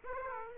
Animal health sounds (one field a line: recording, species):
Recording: mosquito wingbeat signal from an infrared sensor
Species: Aedes aegypti